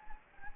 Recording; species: mosquito wingbeat signal from an infrared sensor; Anopheles gambiae